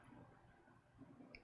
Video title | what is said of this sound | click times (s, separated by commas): LIVE $1200 PC BUILD - i7-8700k, Z370, 32GB DDR4, Samsung 970 Pro SSD, Corsair 200R, GTX 1050 | you do get a little click kind of yeah it's a little tiny click I'm | 1.3 s